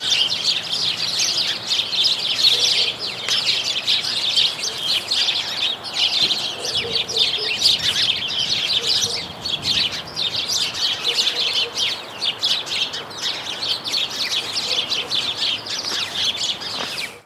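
Sparrows chirping in a dense, continuous chorus, many overlapping short tweets running without pause for the whole stretch, with faint low background hum.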